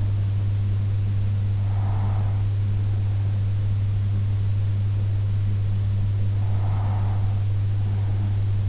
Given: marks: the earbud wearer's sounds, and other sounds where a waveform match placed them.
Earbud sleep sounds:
sounds in sleep by an in-ear microphone; breath
1.69-3.69 s: breath
6.69-8.69 s: breath

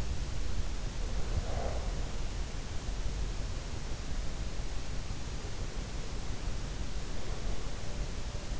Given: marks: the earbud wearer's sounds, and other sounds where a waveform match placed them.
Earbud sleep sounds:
sounds in sleep by an in-ear microphone; breath
1.35-1.90 s: breath

